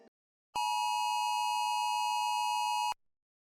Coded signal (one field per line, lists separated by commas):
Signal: Emergency Alert System (SAME) tones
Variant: 853 and 960 Hz attention tone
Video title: The ULTIMATE EAS Alert Iceberg Explained [Parts 1-2]